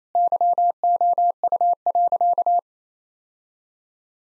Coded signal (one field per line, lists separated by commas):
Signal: Morse code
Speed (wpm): 28 wpm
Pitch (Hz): 700 Hz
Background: none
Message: YOU.